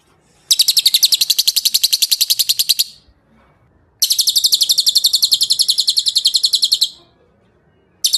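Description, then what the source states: Bird trill: long, even, high rattling bursts of rapid pulses, each about three seconds, with brief silences between them. Masteran sound used to train songbirds.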